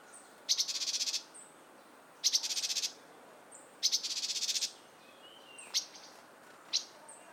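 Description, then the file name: Great tit harsh churring calls, three buzzy rattling bursts under a second long, then two short sharp notes, with faint thin high whistles between. "Parus major"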